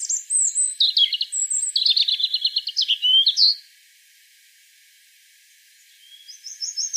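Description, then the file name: European robin song of high thin whistles leading into fast trilled runs, ending after about three and a half seconds; another short phrase begins near the end. "Erithacus rubecula"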